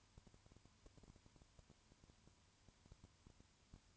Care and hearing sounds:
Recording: daily activity, microphone in the room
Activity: no activity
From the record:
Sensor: 2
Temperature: 20.3 degrees Celsius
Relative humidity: 35.6%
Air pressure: 1000.9 hPa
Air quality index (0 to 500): 196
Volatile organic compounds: 5 ppm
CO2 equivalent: 1725 ppm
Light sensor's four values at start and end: 2/3/2/2 and 2/3/2/2

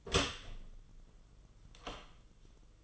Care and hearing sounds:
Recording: daily activity, microphone in the room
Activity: open door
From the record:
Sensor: 4

